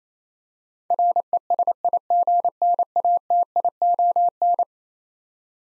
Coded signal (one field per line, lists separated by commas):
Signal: Morse code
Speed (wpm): 27 wpm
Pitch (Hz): 700 Hz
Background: none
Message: RESIGNATION